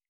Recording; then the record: hydrophone in a shrimp aquaculture tank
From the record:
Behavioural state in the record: starved